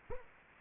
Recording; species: mosquito wingbeat signal from an infrared sensor; Aedes aegypti